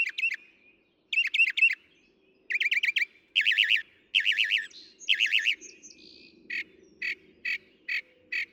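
Northern mockingbird song: varied repeated phrases, wavering warbled notes given in sets of two to four, then a series of short clipped chips at regular intervals.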